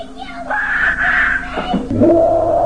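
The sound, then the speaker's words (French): A child unwrapping Christmas presents lets out a long, shrill scream of excitement at receiving a Nintendo 64, wavering high and loud, then breaks into a second, lower drawn-out yell. “Attends, il faut l'entendre crier.”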